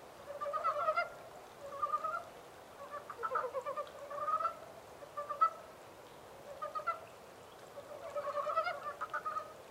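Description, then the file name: Montane brown frog croaks: rapid, rattling pulses in short bursts, several frogs calling with brief gaps between groups. 14 April 2010. "yamaakagaeru-20100414"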